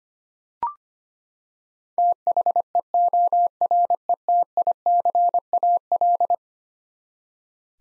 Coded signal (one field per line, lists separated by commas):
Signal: Morse code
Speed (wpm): 25 wpm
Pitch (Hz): 700 Hz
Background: none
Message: THEORETICAL